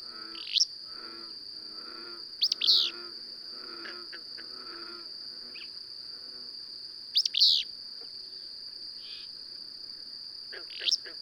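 Bird sounds: bright, quick sweeping chirps at irregular intervals, some in pairs, with a continuous high-pitched insect buzz beneath.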